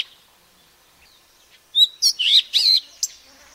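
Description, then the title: Madagascar magpie-robin song: a short burst of loud, varied whistles and sharp chirps after a near-silent pause. "suara burung kacer madagaskar"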